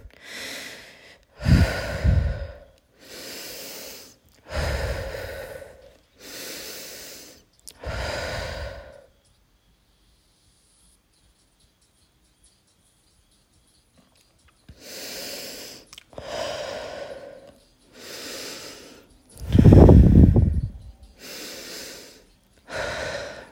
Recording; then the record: deep breathing after running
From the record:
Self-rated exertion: vigorous exertion (4 of 6); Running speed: 6 miles an hour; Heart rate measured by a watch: 158 beats a minute at the start, 152 at the end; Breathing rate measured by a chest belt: 16 breaths a minute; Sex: female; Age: 18 years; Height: 171 cm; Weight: 75 kg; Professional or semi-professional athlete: no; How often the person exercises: 1 to 2 times a week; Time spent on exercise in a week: under 1 hour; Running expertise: no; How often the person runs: 1 to 2 times a week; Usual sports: running, fencing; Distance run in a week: 3 km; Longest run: 21.3 km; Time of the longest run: 190 minutes